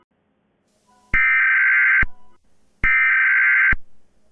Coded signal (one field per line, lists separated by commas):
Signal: Emergency Alert System (SAME) tones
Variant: header bursts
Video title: EAS SCENARIO #42: i-Ready